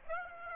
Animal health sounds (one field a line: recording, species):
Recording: mosquito wingbeat signal from an infrared sensor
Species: Aedes aegypti